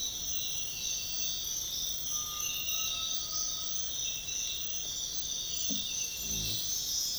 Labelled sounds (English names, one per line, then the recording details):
Undulated Tinamou
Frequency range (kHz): Undulated Tinamou 0.6-1.9 kHz
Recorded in dense forest near Puerto Asís, Putumayo, Colombia, on 19 February 2024 at 06:00
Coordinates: 0.502, -76.324
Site G6370